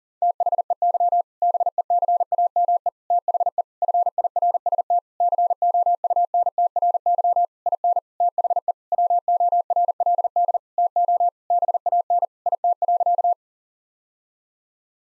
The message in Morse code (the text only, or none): THEY BECAME THE FIRST COUNTRY IN THE WORLD TO BAN IT.